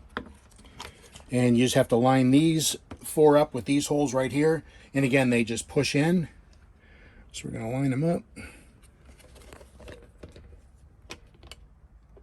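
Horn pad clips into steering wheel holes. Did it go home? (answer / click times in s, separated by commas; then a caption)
no / none. Someone talks while lining up the four pins of a horn pad with their holes in the VIP Smart Wheel steering wheel of a 2006 Monaco Camelot 42DSQ during a clock spring replacement, with faint taps and handling noises in between. The horn pad has not seated or clicked into the wheel yet.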